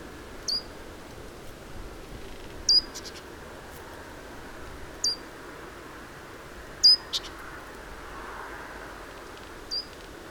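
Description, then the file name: Great tit giving short, sharp high call notes, singly or in pairs, every few seconds against a constant soft background hiss. "Parus major"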